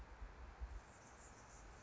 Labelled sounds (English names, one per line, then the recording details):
Anna's Hummingbird
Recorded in Sonoma County, California